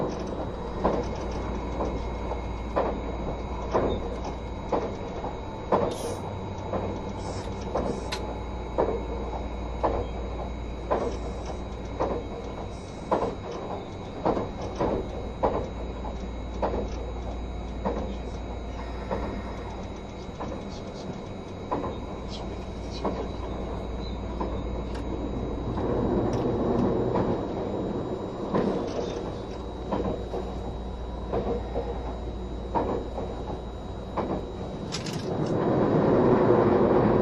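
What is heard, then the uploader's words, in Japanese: Running sound recorded aboard a train: a steady low rumble with a thin electric whine above it, broken by regular clacks from the rail joints about once a second. Near the end the rumble swells and grows noticeably louder. HC85系 ひだ04号02 下呂～美濃太田。2022年07月よりデビューした、シリーズハイブリッド方式の車両であるHC85系”ひだ04号”を収録したものです。エンジン音とモーター音のバランスを考慮して1号車9Dで収録を行いましたが、双方共に非常に静粛性に優れており僅かな音しか出ておりません。走行音。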